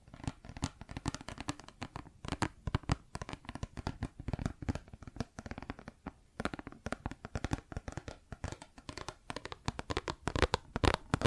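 Plastic objects are tapped and scratched in a dense, irregular stream of sharp clicks and rattles that continues for the whole clip. The hits are crisp and bright, some louder than others, with brief scraping and shuffling between them and hardly any pauses.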